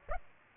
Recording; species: mosquito wingbeat signal from an infrared sensor; Aedes aegypti